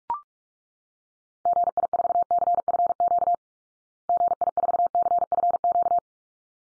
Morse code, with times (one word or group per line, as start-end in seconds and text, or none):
1.5-3.3 GI4CFQ
4.1-6.0 GI4CFQ